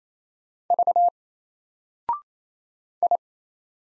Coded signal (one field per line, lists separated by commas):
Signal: Morse code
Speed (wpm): 27 wpm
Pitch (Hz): 700 Hz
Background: none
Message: V I